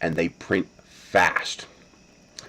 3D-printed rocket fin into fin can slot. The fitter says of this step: well relatively fast so the way that works is that just pops right in there